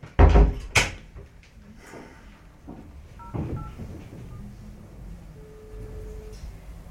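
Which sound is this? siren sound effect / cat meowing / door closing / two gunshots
door closing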